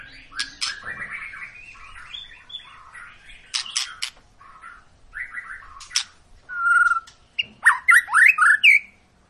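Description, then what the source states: White-rumped shama song, a varied run of fluttering phrases, sharp clicks and clear whistled notes, ending in loud rising and falling whistles. Long lure recording (pancingan) of a shama singing vigorously (gacor), used to prompt other birds to sing.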